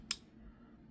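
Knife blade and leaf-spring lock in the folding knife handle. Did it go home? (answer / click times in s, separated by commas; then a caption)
yes / 0.1 s. The blade of a Vosteed Vanchor Shilin folding steel knife is opened, and the leaf-spring lock in the handle, a solid chunk of steel, engages behind it. A single sharp, loud, bright click is heard at 0.1 s, followed by a quiet low background hum. The lock seats firmly into place.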